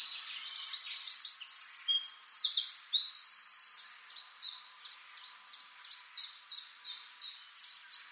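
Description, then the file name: Eurasian wren song opening with loud, shrill rattling trills for about four seconds, followed by a softer run of evenly spaced high notes. "Troglodytes troglodytes"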